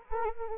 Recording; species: mosquito wingbeat signal from an infrared sensor; Anopheles arabiensis